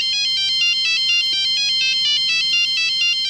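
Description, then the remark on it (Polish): A bright, electronic mobile phone ringtone plays a quick, repeating melody of beeping tones, steady and fairly loud, with no voices over it. “Pamiętają państwo, jak telefon dzwonił o tak?”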